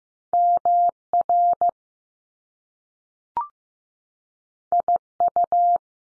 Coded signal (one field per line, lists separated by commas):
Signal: Morse code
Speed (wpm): 15 wpm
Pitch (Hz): 700 Hz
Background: none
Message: M R I U